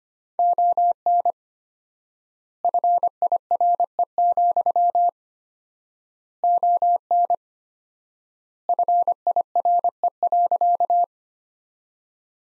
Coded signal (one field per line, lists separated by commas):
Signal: Morse code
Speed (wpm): 25 wpm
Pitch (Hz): 700 Hz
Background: none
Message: ON FIRE, ON FIRE.